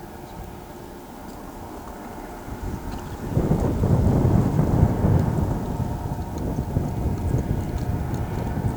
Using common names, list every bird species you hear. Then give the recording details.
none. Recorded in pastures near Pivijay, Magdalena, Colombia, on 18 April 2023 at 12:00. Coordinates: 10.456, -74.369. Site P6-G026